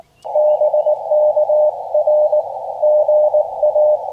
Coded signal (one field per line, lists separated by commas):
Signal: Morse code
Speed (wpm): 18 wpm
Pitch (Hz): 600 Hz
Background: radio noise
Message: BK R GA